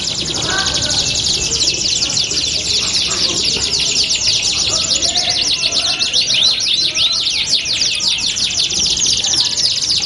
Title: Canto Para Esquentar Canário Belga. LANGSUNG NYAUT. Pancingan suara kenari hitungan detik langsung ikut bunyi